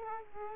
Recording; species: mosquito wingbeat signal from an infrared sensor; Culex quinquefasciatus